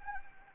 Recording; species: mosquito wingbeat signal from an infrared sensor; Anopheles arabiensis